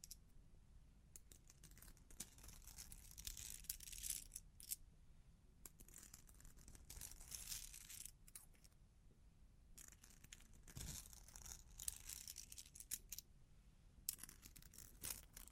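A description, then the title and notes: Long claws tap and scratch in uneven bursts, bright and clicky, with dense scraping stretches around 2–5, 7–8, 10–13 and after 14 seconds. Brief quieter gaps separate the flurries, and a soft low rumble stays underneath throughout. Long Claws Tapping and Scratching (No Talking).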